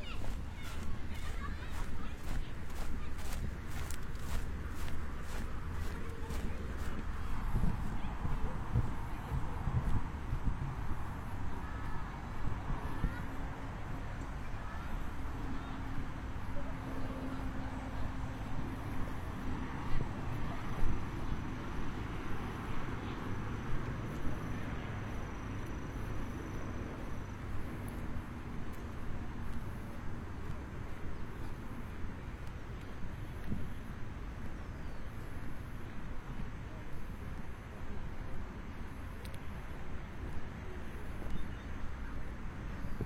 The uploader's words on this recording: 27℃ 多云天的午间散步. Noon Break Walking On A Cloudy Day.